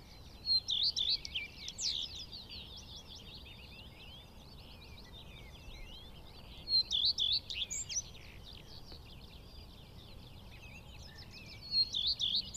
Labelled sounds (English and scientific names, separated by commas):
Common Redstart (Phoenicurus phoenicurus) song